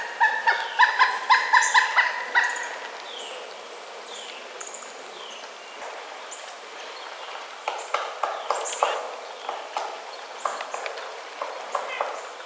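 Woodpecker giving a rapid series of loud calls, then quieter scattered sharp notes.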